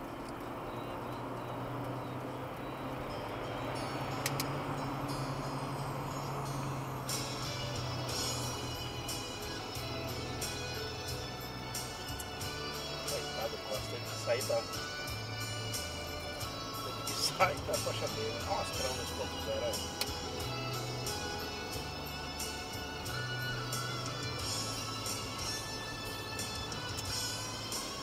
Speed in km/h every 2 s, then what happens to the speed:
86, 95, 90, 78, 70, 69, 66, 66, 69, 71, 70, 71, 69, 66.
0-3 speeds up to 95. 3-14 slows to 66. 14-19 steady at about 69.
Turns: none.